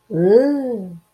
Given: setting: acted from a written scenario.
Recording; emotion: vocal sound without words; disgust